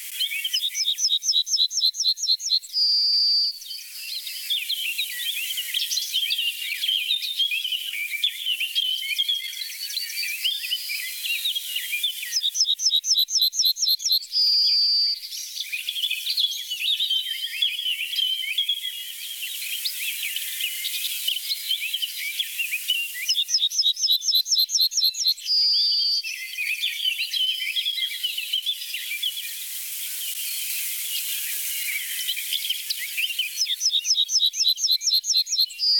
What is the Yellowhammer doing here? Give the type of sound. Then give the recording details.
song. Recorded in the wild. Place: Oberrotweil am Kaiserstuhl, Baden-Württemberg, DE. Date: 1988-06-18. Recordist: Schwarz, Dieter. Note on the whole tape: Song